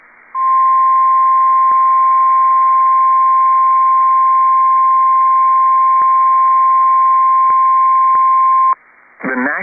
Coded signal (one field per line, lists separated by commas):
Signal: Emergency Alert System (SAME) tones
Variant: 1050 Hz attention tone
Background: speech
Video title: P-O-L-K and Texas | EAS Alerts from 5/18/21 (EAS #379-386)